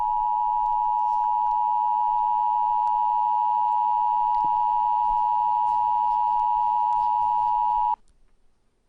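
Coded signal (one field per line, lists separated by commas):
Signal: Emergency Alert System (SAME) tones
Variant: 853 and 960 Hz attention tone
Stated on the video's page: Mock EAS alert, a fictional recreation.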